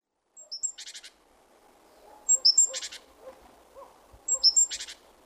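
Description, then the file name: Great tit calls: thin, high notes followed by a short buzzy churr, the phrase given three times about every two seconds. "Parus major"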